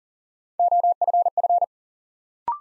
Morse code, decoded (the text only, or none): OFF